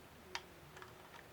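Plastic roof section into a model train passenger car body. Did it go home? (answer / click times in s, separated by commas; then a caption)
no / none. The plastic roof section of a Rivarossi NYC model train passenger car is being handled as it is put back in place on the car body and given a little squeeze. A sharp light tick is heard at about 0.4 s, followed by fainter small ticks near 0.8 s and 1.2 s. Nothing has seated or clicked into place yet.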